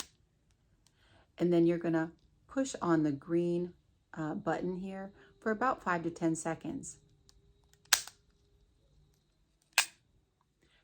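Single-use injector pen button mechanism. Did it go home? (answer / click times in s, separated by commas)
yes / 7.9 s, 9.8 s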